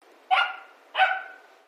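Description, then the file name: Dog barking twice, two sharp barks about two-thirds of a second apart, each trailing off briefly. "kawadog"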